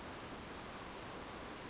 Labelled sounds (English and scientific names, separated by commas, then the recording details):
Western Flycatcher (Empidonax difficilis)
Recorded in Sonoma County, California